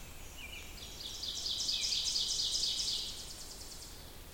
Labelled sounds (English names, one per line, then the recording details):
Ovenbird song
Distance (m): 30 m
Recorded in boreal forest in Alberta, Canada, on 2 June 2016 at 08:14
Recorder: SongMeter 3, array SBT-3-7
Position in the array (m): 23 m, 135 m
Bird 4